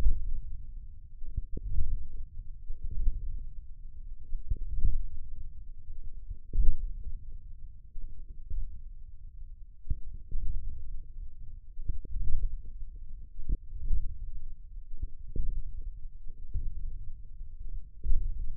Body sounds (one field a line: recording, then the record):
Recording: forearm muscle sounds (acoustic myography)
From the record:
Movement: radial deviation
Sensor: system 1, eight BSWA MPA416 microphones around the upper forearm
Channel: 6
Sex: male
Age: 28 years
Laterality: right